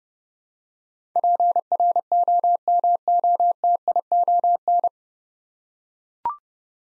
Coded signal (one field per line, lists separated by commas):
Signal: Morse code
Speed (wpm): 30 wpm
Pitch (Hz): 700 Hz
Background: none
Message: PROMOTION